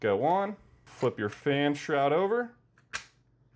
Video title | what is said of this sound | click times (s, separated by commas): How to Upgrade your Proxmox RAM SAFELY in this 2025 Tutorial Homelab Projects #informationtechnology | Make sure it clips in. | 3.0 s